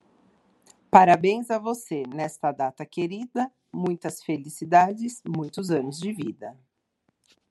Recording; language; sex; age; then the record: short text; Brazilian Portuguese; female; 40 to 49 years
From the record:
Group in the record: control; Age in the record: 42 years